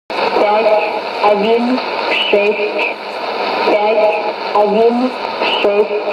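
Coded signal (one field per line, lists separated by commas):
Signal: numbers station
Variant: S06s, Russian language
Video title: 19 05 2017 Numbers station S06s Russian Lady in Russian to Eu 0944 on 9655 unknown tx site in CUSB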